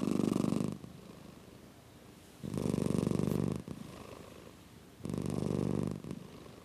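Cat purring in low, rough pulsing bursts about a second long, each followed by a quieter pause, the cycle repeating roughly every two and a half seconds.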